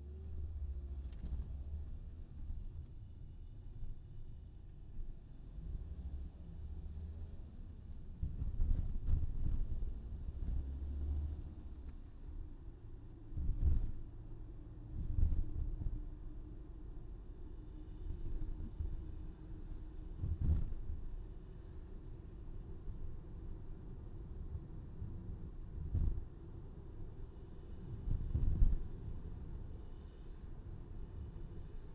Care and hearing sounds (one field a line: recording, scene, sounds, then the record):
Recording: everyday scene through a hearing-aid microphone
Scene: in a vehicle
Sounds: engine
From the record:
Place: VW T5 Caravelle, diesel engine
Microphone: in the ear canal, left